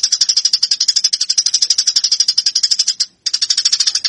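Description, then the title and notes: Eurasian tree sparrow fighting chatter, quick grating chirps pulsing rapidly, broken by one short pause. Fighting call of tree sparrows, used as a master training recording for birds. "GEREJA TARUNG. burung gereja"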